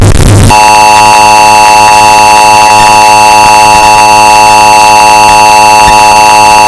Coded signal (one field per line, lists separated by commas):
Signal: Emergency Alert System (SAME) tones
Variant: 853 and 960 Hz attention tone